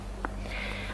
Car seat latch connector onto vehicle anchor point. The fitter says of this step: and then what you need to make sure is so what I've done is locked that off you'll hear a click